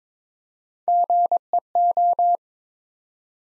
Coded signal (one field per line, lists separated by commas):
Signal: Morse code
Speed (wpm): 21 wpm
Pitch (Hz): 700 Hz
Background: none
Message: GEO